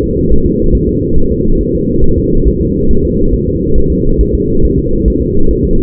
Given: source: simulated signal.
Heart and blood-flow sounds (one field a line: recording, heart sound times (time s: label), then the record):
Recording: fetal heart sounds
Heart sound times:
0.04 s: S2
0.32 s: S1
0.46 s: S2
0.75 s: S1
0.89 s: S2
1.18 s: S1
1.32 s: S2
1.61 s: S1
1.75 s: S2
2.04 s: S1
2.18 s: S2
2.47 s: S1
2.62 s: S2
2.91 s: S1
3.05 s: S2
3.34 s: S1
3.48 s: S2
3.78 s: S1
3.92 s: S2
4.21 s: S1
4.35 s: S2
4.65 s: S1
4.79 s: S2
5.08 s: S1
5.22 s: S2
5.51 s: S1
5.65 s: S2
From the record:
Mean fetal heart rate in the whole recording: 140 bpm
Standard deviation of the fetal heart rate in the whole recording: 2 bpm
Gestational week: 34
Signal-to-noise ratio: -19.1 dB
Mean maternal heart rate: 72 bpm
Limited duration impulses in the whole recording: present